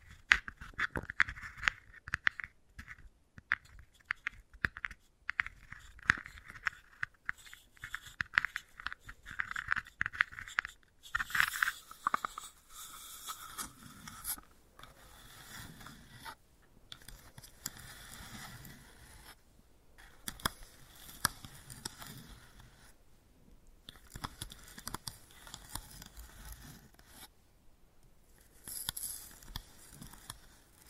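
Wooden balls click, scrape and rustle in dense, irregular bursts, brighter and busier after eleven seconds, with several brief silent gaps between.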